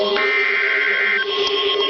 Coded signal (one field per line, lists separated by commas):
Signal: Emergency Alert System (SAME) tones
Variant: header bursts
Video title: EAS Alert #46 - Severe Thunderstorm Warning #14 5/30/13